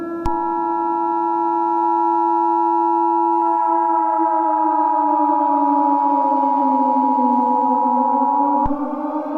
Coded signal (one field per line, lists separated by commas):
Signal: Emergency Alert System (SAME) tones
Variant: 853 and 960 Hz attention tone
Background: music